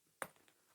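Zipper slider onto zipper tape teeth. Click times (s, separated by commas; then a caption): 0.2 s. A second zipper slider is pushed onto the lined-up zipper tape and gives a sharp, bright click at 0.2 s as it engages the teeth, confirming it has seated. Two much fainter ticks follow at about 0.4 and 0.5 s, then it goes quiet.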